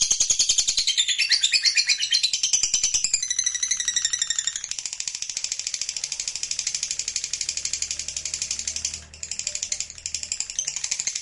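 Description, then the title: Lovebird song, loud, shrill and chattering, which shifts midway into a sustained buzzy trill of very rapid high notes that continues to the end. Lovebird song used as trigger audio to get a lovebird that is reluctant to sing excited, so it starts singing spontaneously. "LOVEBIRD Malas Bunyi JADI GREGET SPONTAN Langsung NARIK"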